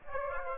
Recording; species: mosquito wingbeat signal from an infrared sensor; Aedes aegypti